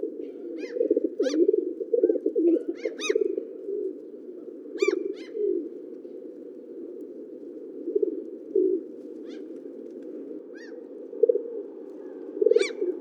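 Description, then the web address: Pigeon coos in a constant low drone, with scattered sharp chirps from small birds throughout. "sound Columbidae"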